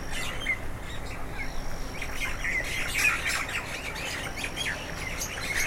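Myna calls, harsh squawks and short chirps scattered throughout, with a thin steady high whine coming and going and a low hum underneath.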